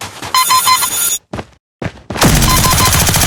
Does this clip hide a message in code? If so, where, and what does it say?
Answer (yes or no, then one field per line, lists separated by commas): no